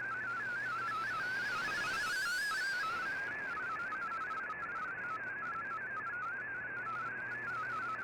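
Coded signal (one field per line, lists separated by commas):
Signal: multi-tone FSK (Olivia or MFSK type)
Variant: MFSK32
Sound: rapid stepping single tone warbling within a narrow band, over hiss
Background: radio static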